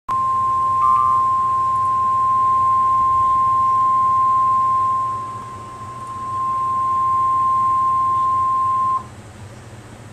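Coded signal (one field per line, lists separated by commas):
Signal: Emergency Alert System (SAME) tones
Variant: 1050 Hz attention tone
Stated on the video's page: NOAA Weather Radio tornado emergency severe weather statement from an Oklahoma City station on 162.400 MHz, recorded live.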